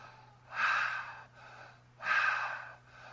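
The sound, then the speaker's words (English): Two deep, open-mouthed inhales, each a loud breathy rush lasting under a second, separated by softer, quieter breaths, with no talking. “Those 12 all breathed in, opened their mouth wide, and breathed in.”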